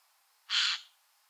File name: Garrulus glandarius